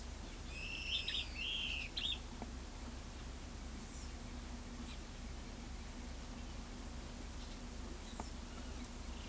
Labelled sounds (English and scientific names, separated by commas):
Yellow-bellied Elaenia (Elaenia flavogaster)